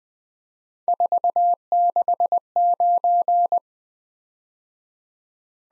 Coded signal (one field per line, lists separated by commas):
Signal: Morse code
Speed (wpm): 20 wpm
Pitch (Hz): 700 Hz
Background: none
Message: 469